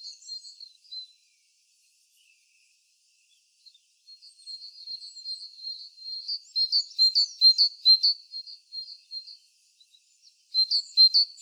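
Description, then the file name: Great tit giving soft high notes that swell into a fast, loud series of sharp chips, then break off before a final quick burst. "Parus major"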